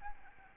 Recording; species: mosquito wingbeat signal from an infrared sensor; Aedes albopictus